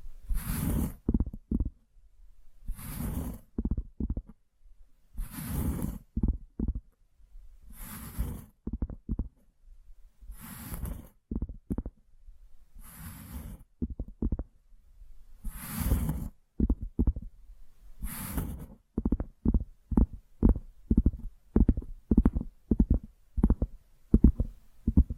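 Tapping triggers: soft, low, muffled taps come in quick clusters, and a short breathy hiss or whoosh lands roughly every two and a half seconds. After about eighteen seconds the hisses stop, and the taps turn sharper, faster and more evenly spaced.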